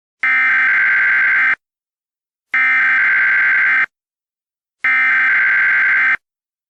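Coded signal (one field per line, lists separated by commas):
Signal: Emergency Alert System (SAME) tones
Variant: header bursts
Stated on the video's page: Fictional EAS scenario.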